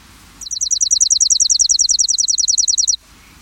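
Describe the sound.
Chipping sparrow song, a steady mechanical trill of fast, identical high chips lasting about two and a half seconds, then quiet.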